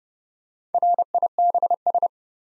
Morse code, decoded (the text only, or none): RIBS